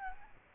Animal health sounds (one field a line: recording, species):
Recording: mosquito wingbeat signal from an infrared sensor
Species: Aedes albopictus